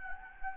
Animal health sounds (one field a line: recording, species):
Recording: mosquito wingbeat signal from an infrared sensor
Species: Anopheles gambiae